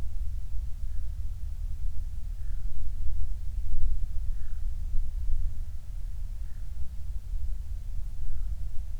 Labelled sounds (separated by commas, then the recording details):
wind
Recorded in the Prudhoe Bay oil fields, Alaska, on 28 July 2019 at 05:41
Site 25